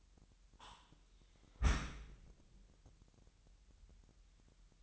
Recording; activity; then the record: daily activity, microphone in the room; close dishwasher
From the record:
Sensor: 3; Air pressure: 998.3 hPa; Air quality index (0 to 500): 147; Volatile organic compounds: 5 ppm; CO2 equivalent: 1762 ppm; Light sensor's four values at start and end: 14/42/17/15 and 14/42/17/15